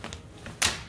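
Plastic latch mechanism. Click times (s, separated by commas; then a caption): 0.0 s, 0.1 s, 0.5 s, 0.6 s. A Nuna Tavo stroller's lock mechanism is pushed forward, not pulled, into its locked position. Three light taps at 0.0, 0.1 and 0.5 seconds lead into a loud, sharp snap at 0.6 seconds as the lock seats in place.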